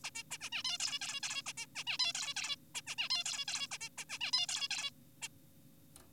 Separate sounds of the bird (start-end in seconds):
0.04-0.10, 0.15-0.23, 0.31-0.38, 0.41-0.49, 0.52-0.63, 0.65-0.78, 0.80-0.99, 1.01-1.21, 1.23-1.42, 1.46-1.53, 1.57-1.66, 1.75-1.84, 1.87-1.98, 2.00-2.13, 2.15-2.34, 2.36-2.56, 2.75-2.81, 2.87-2.95, 2.98-3.09, 3.10-3.24, 3.26-3.45, 3.48-3.67, 3.71-3.78, 3.81-3.89, 3.98-4.05, 4.10-4.18, 4.21-4.32, 4.33-4.47, 4.49-4.68, 4.71-4.90, 5.22-5.28